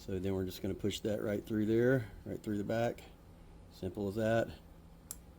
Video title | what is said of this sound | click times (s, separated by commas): Massimo T-Boss 550 Low Beam Mod | you hear it click, and look at that. Perfect. | 5.1 s